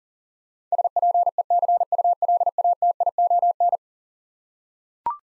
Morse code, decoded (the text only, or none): SPECULATION